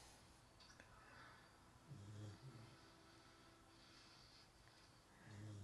The sound of the dog snoring.